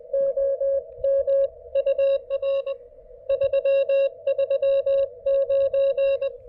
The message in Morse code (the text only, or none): OM UR 339